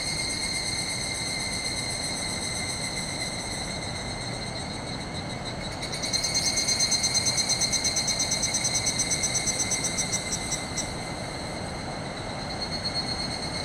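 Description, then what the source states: Evening cicada in chorus: a steady high drone, then a louder rapid pulsing trill begins midway and fades, with rushing river noise beneath throughout. Chorus calling back and forth inside woodland after sunset, 31 July 2020, after heavy late rainy-season rain; swollen distant river roaring; recorded with ZOOM H6 and MKH8020 microphone.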